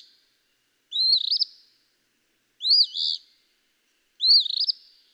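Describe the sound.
Eastern phoebe giving three harsh, burry two-part phrases, evenly spaced roughly every one and a half seconds.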